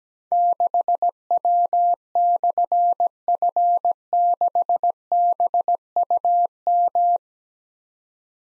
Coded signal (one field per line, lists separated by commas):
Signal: Morse code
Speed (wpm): 17 wpm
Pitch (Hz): 700 Hz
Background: none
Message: 6W/F6BUM